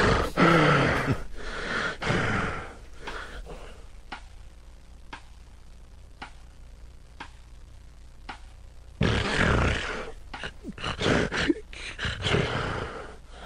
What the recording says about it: Sleep apnea? You'll hear in the background is a clock ticking to show the periods of time that the person actually isn't breathing. It sounds like they're choking. that was actually a mild case of an obstructive event.